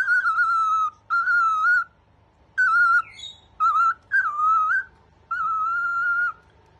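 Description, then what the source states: Cockatiel whistled song: long, steady, slightly wavering whistled tones, some held about a second, separated by short pauses. Several cockatiels, singing with whistling.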